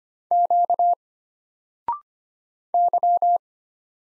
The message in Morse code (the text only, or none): Q Y